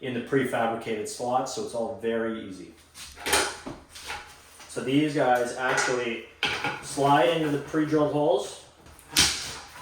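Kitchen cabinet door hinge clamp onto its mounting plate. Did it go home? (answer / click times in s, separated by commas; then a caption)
yes / 9.2 s. Someone talks while fitting an Ikea kitchen cabinet door hinge: its anchor pins slide into the pre-drilled holes in the cabinet door, with the anchor point screwed to the cabinet using a Phillips head screwdriver. The hinge clamp is then pressed down onto its mounting plate and snaps into place with a sharp click at 9.2 s, seating the hinge.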